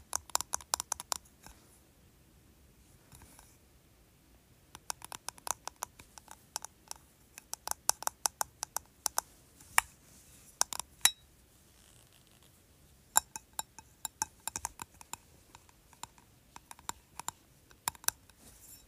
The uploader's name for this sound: ASMR Tapping Candle